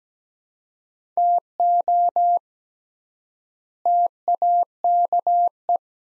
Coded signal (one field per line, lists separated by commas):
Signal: Morse code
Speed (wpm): 17 wpm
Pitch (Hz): 700 Hz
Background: none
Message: TO TAKE